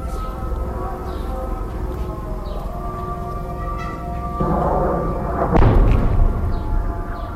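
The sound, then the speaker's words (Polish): A muezzin's long, wavering chanted call to prayer carries through, broken by a couple of heavy, rumbling explosions that boom beneath the sustained voice partway through. “Nawoływania do modlitwy muezina mieszają się z wybuchami.”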